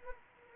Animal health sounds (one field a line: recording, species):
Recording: mosquito wingbeat signal from an infrared sensor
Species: Anopheles arabiensis